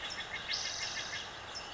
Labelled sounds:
Spotted Towhee
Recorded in Sonoma County, California

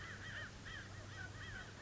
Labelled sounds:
American Crow
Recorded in Sonoma County, California

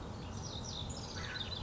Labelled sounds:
House Wren
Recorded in Sonoma County, California

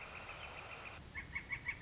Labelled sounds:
Northern Flicker
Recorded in Sonoma County, California

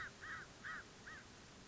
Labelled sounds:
American Crow
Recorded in Sonoma County, California

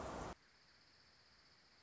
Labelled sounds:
Dark-eyed Junco
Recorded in Sonoma County, California

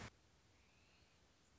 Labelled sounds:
Anna's Hummingbird
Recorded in Sonoma County, California

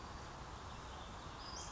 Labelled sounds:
Western Flycatcher
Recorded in Sonoma County, California

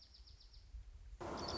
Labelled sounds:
Dark-eyed Junco
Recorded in Sonoma County, California

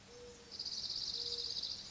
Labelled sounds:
Mourning Dove
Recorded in Sonoma County, California

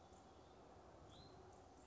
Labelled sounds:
Hutton's Vireo
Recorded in Sonoma County, California

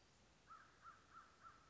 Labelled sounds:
American Crow
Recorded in Sonoma County, California

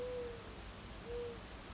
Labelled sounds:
Mourning Dove
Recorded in Sonoma County, California

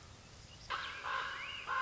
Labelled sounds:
Common Raven
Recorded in Sonoma County, California

